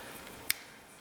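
An ABS wheel speed sensor on a Jeep Compass is wiggled into its bore in the knuckle mount until its tab locks into the notch. A single sharp click is heard at 0.5 s over a quiet background, and the sensor is seated.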